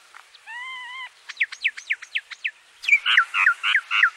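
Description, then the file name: Common myna calls: a wavering whistled note, then a quick run of short downslurred chirps, ending in several harsher, gurgling notes. "Indian Myna"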